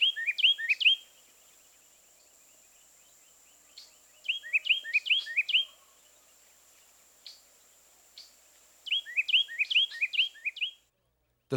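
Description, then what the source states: Carolina Wren song, three bursts of loud repeated phrases separated by pauses with a few scattered soft notes. Two- and three-noted songs; the song is known for its extreme variability.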